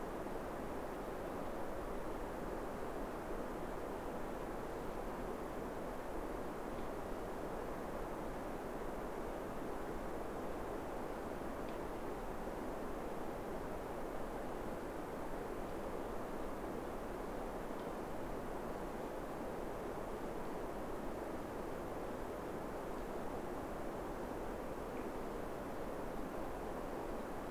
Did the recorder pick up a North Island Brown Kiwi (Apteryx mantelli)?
no